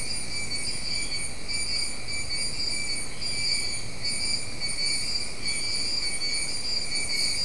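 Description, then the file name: Insects keep up a constant high-pitched trilling chorus, several bands stacked together, with steady low background rumble beneath. "mainly insect"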